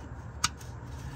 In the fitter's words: there you go so the blue thing there if you can see it it snaps into place